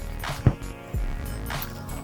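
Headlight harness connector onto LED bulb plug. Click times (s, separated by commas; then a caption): 0.5 s. A plastic headlight harness connector is pushed onto the lead of an NAO H11 LED bulb, where the halogen bulb used to connect, on a 2018 Nissan Rogue. Over steady background music, a single sharp click sounds at 0.5 s. The connector is seated.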